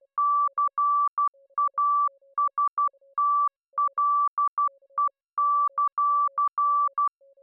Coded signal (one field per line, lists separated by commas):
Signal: Morse code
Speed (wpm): 12 wpm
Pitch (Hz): 1160 Hz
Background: none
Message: CASTLE;